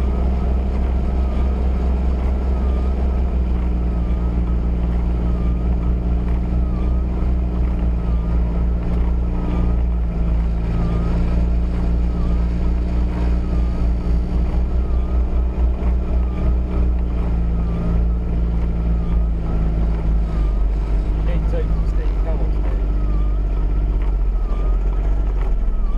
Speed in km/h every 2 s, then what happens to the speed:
19, 18, 18, 18, 16, 16, 16, 16, 16, 13, 10, 8, 5.
0-16 steady at about 16. 16-26 slows to 5.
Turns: none.